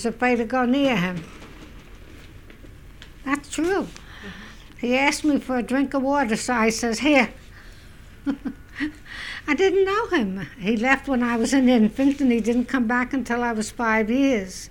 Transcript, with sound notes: I was afraid to go near him. That's true. He asked me for a drink of water, so I says, "Here!" ( she laughs ) I didn't know him. He left when I was an infant, and he didn't come back until I was five years.